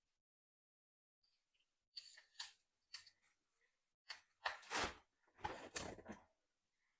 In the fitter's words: lock అయిపోయింది కూడా